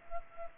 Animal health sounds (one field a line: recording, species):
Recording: mosquito wingbeat signal from an infrared sensor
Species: Culex pipiens